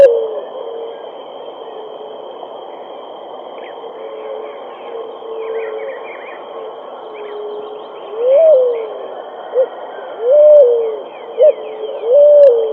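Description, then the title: Pigeon song: faint, muffled coos for several seconds, then clearer long coos alternating with short notes, with a constant high-pitched hum throughout. "Canto Da Pomba"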